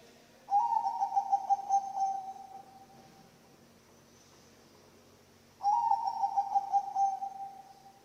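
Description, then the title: Zebra dove, two rolling coo phrases of rapid pulses about five seconds apart, each tapering off, with low hiss between. Bangkok-type zebra dove (perkutut) song, used for training other birds (masteran) and as a lure (pancingan). "mster Mnuk. SUARA OCEHAN BURUNG PERKUTUT BANGKOK Untuk MASTERAN dan PANCINGAN"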